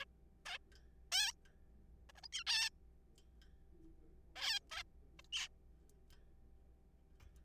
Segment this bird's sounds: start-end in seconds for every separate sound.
0.01-0.04, 0.46-0.58, 1.12-1.31, 2.09-2.12, 2.16-2.21, 2.23-2.28, 2.33-2.43, 2.47-2.69, 4.36-4.59, 4.71-4.83, 5.19-5.22, 5.33-5.48